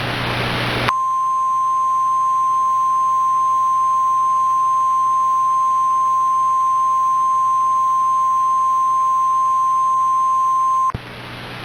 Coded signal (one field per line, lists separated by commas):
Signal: Emergency Alert System (SAME) tones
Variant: 1050 Hz attention tone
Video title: EAS Gift - The Wrath of the Dark One. (Happy Birthday Emperor Yami of Louisville!!!!!)